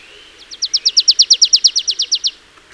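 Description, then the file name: Marsh tit giving a fast trill of about sixteen sharp downslurred notes, evenly spaced and swelling slightly in the middle, lasting under two seconds in quiet surroundings. "Poecile palustris"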